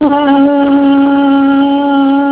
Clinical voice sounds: sustained vowel /a/ by telephone; female; 70 to 79 years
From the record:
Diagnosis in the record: Parkinson's disease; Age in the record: 70 years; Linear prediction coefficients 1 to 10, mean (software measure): 1.62, -0.71, -0.08, -0.37, 0.97, -0.68, -0.03, 0.14, 0.18, -0.24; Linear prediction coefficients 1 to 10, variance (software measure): 0.023, 0.074, 0.075, 0.127, 0.230, 0.155, 0.059, 0.051, 0.035, 0.011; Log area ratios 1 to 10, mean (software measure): -3.32, 1.71, -0.01, -0.04, -0.22, 0.99, -0.22, 0.13, 0.47, 0.50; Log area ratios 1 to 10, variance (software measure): 0.112, 0.164, 0.116, 0.048, 0.248, 0.153, 0.150, 0.056, 0.068, 0.051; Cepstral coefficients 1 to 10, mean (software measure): 1.62, 0.61, 0.19, -0.38, 0.24, 0.03, -0.13, -0.02, -0.06, 0.00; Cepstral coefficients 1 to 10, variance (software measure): 0.023, 0.015, 0.022, 0.040, 0.018, 0.013, 0.007, 0.010, 0.008, 0.006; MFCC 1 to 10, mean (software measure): -3.36, 1.71, 0.07, -0.59, 0.28, -0.48, -0.07, 0.60, -1.49, -0.98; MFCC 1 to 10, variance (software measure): 0.228, 0.026, 0.059, 0.095, 0.102, 0.048, 0.060, 0.076, 0.085, 0.164

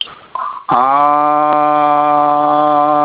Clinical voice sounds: sustained vowel /a/ by telephone; male; 50 to 59 years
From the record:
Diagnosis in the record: Parkinson's disease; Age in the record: 56 years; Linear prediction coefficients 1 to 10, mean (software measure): 1.43, -0.99, -0.03, 0.00, 0.09, -0.06, 0.07, -0.34, 0.25, -0.07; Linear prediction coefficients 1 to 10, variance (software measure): 0.309, 0.222, 0.146, 0.062, 0.050, 0.079, 0.046, 0.060, 0.060, 0.010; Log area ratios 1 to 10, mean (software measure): -1.84, 2.78, -0.39, 0.09, 0.37, 0.54, 0.20, 0.02, -0.30, 0.13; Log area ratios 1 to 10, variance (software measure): 0.378, 0.615, 0.356, 0.083, 0.151, 0.062, 0.111, 0.072, 0.072, 0.040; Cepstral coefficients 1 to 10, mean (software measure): 1.43, 0.19, -0.35, -0.51, -0.30, -0.09, 0.20, -0.02, -0.02, -0.02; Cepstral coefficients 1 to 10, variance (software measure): 0.309, 0.048, 0.037, 0.014, 0.035, 0.016, 0.011, 0.009, 0.005, 0.004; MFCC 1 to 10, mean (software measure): -4.31, 1.35, -1.36, -0.98, 0.33, 0.21, -0.63, 0.10, 0.40, -0.34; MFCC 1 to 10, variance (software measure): 3.712, 0.394, 0.285, 0.176, 0.274, 0.190, 0.086, 0.094, 0.054, 0.142

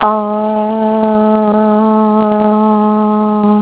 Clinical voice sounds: sustained vowel /a/ by telephone; female; 50 to 59 years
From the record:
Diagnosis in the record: healthy control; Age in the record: 56 years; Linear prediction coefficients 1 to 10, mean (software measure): 1.93, -1.14, -0.19, 0.23, 0.29, -0.18, -0.12, 0.01, 0.20, -0.15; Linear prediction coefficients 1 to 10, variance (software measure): 0.041, 0.114, 0.033, 0.057, 0.032, 0.037, 0.023, 0.021, 0.026, 0.006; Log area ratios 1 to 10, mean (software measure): -3.07, 2.35, -0.97, -0.31, 0.28, 0.30, -0.07, 0.00, 0.19, 0.30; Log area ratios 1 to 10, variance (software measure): 0.102, 0.113, 0.209, 0.079, 0.098, 0.038, 0.061, 0.025, 0.026, 0.026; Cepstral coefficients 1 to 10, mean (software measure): 1.93, 0.74, 0.02, -0.26, -0.08, 0.05, 0.05, -0.02, 0.03, -0.01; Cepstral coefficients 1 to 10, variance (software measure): 0.041, 0.015, 0.016, 0.013, 0.005, 0.012, 0.012, 0.004, 0.002, 0.002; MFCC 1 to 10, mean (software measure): -3.61, 2.32, -0.43, -0.62, 0.55, 0.15, -0.06, 0.39, -0.13, -0.62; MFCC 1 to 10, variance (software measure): 0.238, 0.038, 0.088, 0.040, 0.200, 0.067, 0.085, 0.097, 0.060, 0.033

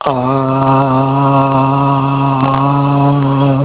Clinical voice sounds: sustained vowel /a/ by telephone; male; 60 to 69 years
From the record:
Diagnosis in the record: Parkinson's disease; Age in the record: 66 years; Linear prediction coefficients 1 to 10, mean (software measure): 1.62, -0.69, -0.18, -0.25, 0.57, 0.11, -0.38, -0.15, 0.43, -0.22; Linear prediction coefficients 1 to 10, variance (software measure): 0.039, 0.064, 0.027, 0.057, 0.080, 0.033, 0.063, 0.032, 0.055, 0.016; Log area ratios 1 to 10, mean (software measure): -2.86, 1.75, -0.59, -0.44, -0.43, 0.57, 0.42, -0.24, -0.12, 0.46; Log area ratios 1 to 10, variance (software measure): 0.222, 0.091, 0.191, 0.047, 0.131, 0.063, 0.052, 0.104, 0.039, 0.073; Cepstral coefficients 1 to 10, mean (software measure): 1.62, 0.64, 0.14, -0.37, -0.09, 0.26, 0.19, 0.01, 0.13, -0.09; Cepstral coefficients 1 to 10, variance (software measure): 0.039, 0.015, 0.018, 0.029, 0.014, 0.015, 0.006, 0.007, 0.007, 0.003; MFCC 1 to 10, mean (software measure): -3.29, 1.83, -0.24, -0.56, 0.98, 0.89, -0.69, 0.40, -0.02, 0.26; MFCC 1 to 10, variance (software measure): 0.259, 0.059, 0.106, 0.122, 0.123, 0.157, 0.092, 0.092, 0.079, 0.077

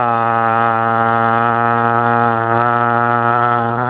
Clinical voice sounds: sustained vowel /a/ by telephone; male; 40 to 49 years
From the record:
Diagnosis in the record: healthy control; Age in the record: 41 years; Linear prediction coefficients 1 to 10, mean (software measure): 1.94, -1.96, 0.98, -0.29, 0.23, -0.34, 0.19, 0.00, -0.08, 0.09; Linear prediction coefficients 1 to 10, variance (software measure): 0.046, 0.179, 0.222, 0.157, 0.086, 0.073, 0.096, 0.060, 0.024, 0.005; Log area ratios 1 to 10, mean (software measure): -1.82, 2.30, -1.35, 0.64, 0.22, 0.13, -0.24, -0.02, -0.19, -0.18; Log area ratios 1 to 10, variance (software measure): 0.019, 0.024, 0.096, 0.103, 0.027, 0.054, 0.028, 0.027, 0.024, 0.019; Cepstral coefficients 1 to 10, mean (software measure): 1.94, -0.06, -0.39, -0.30, 0.07, 0.08, -0.01, -0.02, -0.03, 0.05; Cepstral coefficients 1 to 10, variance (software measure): 0.046, 0.019, 0.006, 0.005, 0.012, 0.004, 0.003, 0.001, 0.001, 0.001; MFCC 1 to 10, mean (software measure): -3.24, 1.54, -1.47, 0.23, 0.30, -0.31, 0.31, 0.65, 0.00, -0.61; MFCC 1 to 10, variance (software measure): 0.103, 0.026, 0.016, 0.031, 0.022, 0.033, 0.017, 0.021, 0.023, 0.017

